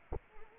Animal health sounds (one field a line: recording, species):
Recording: mosquito wingbeat signal from an infrared sensor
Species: Anopheles arabiensis